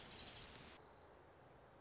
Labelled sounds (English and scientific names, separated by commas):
Orange-crowned Warbler (Leiothlypis celata)